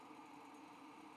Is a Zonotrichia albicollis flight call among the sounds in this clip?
no